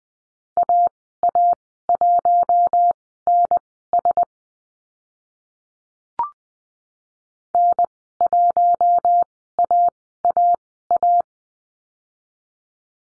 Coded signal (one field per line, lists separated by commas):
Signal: Morse code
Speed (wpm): 20 wpm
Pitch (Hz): 700 Hz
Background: none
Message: AA1NS N1AAA